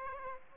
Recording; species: mosquito wingbeat signal from an infrared sensor; Aedes aegypti